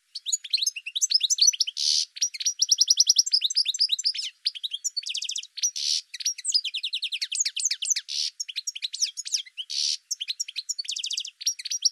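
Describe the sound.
Bird song: a long run of fast, high chirps, trills and buzzy notes in tight rapid phrases, almost continuous with only brief gaps.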